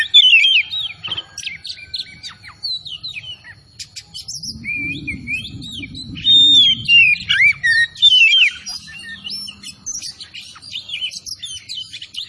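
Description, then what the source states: Oriental magpie-robin sings varied whistled phrases and chirps, with a loud burst around six to eight seconds and a low rumbling noise midway. Kacer Tretes bird, singing vigorously (gacor).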